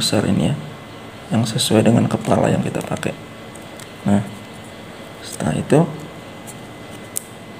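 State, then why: Torque reached. An RJ45 plug is seated in the die of a ratcheting crimping pliers, which are squeezed hard with full force until they click. Someone talks over a steady background hum, and then a single sharp, loud click lands at 7.2 s as the tool reaches full press.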